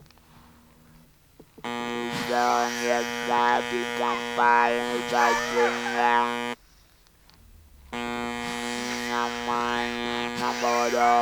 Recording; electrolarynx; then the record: speech with an electrolarynx; conventional device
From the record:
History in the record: total laryngectomy